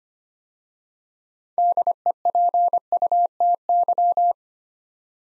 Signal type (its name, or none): Morse code